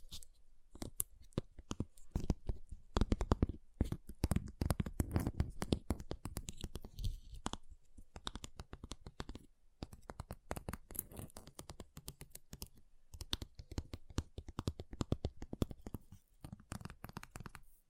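Ice is tapped, scratched and carved in a dense run of sharp clicks and scrapes that rarely pause for long. The hits are crisp and bright, with a few heavier bursts near the start and brief gaps around eight and ten seconds.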